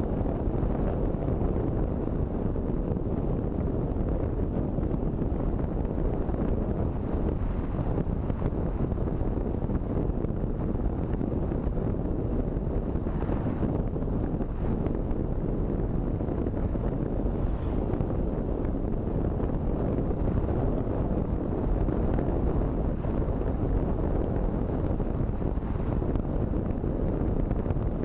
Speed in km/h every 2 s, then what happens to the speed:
55, 55, 56, 56, 56, 57, 57, 57, 57, 57, 56, 56, 56, 56.
0-28 steady at about 56.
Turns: none.